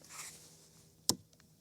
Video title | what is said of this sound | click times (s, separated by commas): Watch Me Set Up My Kaku Guru Kayak in Minutes! | Hear it attach right there. | 1.1 s